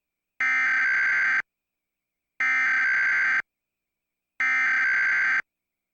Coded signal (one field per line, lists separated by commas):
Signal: Emergency Alert System (SAME) tones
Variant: header bursts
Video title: National Periodic EAS - NICK - 8/7/2019